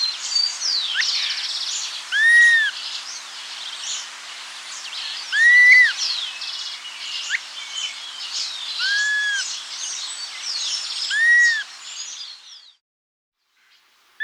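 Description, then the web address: Dusky-capped flycatcher calls: a clear, arched whistle repeated roughly every three seconds over a busy background of chirping birds and insects. South America. "Natures Songs S America Dusky-Capped Flycatcher"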